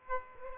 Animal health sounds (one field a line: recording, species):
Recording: mosquito wingbeat signal from an infrared sensor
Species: Aedes aegypti